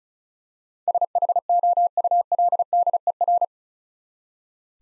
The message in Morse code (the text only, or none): SHOULDER